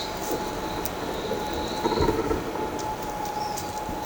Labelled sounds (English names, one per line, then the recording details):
none
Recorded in shrubland near Pivijay, Magdalena, Colombia, on 14 April 2023 at 14:30
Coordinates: 10.453, -74.365
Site P5-G022